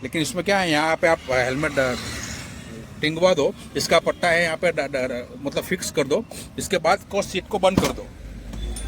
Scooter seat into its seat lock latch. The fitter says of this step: ये seat lock हो गई।